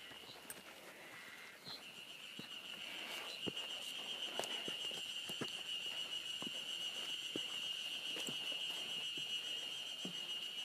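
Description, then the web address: Ezo harusemi cicada song swelling into a continuous high buzz after about two seconds, with sharp clicking footsteps throughout. Recorded just short of Mount Tanzawa on 1 June 2015. "2015 06 01 エゾハルゼミ丹沢山手前"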